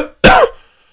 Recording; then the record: coughing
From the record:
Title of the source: Coughing 51